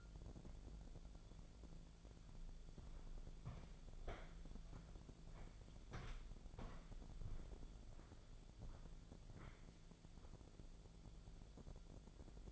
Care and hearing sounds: daily activity, microphone in the room; walk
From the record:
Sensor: 5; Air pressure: 1008.5 hPa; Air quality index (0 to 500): 158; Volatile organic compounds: 3 ppm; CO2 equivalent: 1525 ppm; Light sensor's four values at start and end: 67/185/73/74 and 67/185/73/74

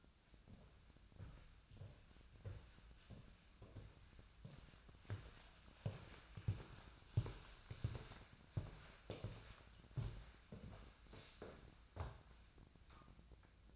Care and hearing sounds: daily activity, microphone in the room; walk to room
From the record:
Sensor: 2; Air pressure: 1009.9 hPa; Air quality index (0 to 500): 177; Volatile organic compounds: 10 ppm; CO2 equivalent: 2213 ppm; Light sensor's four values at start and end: 35/88/38/42 and 35/86/37/41

